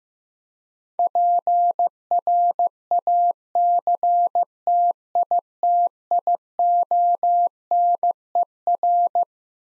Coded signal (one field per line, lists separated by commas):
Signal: Morse code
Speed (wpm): 15 wpm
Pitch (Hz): 700 Hz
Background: none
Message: PRACTITIONER